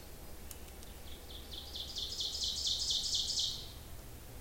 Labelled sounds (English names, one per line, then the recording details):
Ovenbird song
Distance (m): 40 m
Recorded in boreal forest in Alberta, Canada, on 26 May 2016 at 06:08
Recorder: SongMeter 3, array SBT-3-15
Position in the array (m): 47 m, 284 m
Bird 20